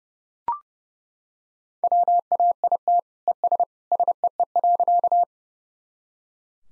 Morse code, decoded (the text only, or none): WAIT ES SEE.